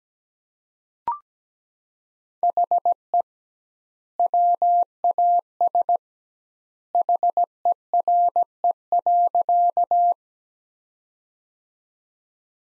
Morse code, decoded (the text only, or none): HE WAS HERE.